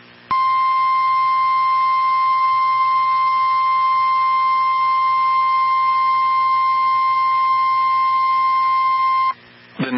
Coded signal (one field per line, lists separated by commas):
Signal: Emergency Alert System (SAME) tones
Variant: 1050 Hz attention tone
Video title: Severe Thunderstorm Watch On #kdo89 3/6/26 (NO EAS) #ilwx #mowx #stlwx #kdo89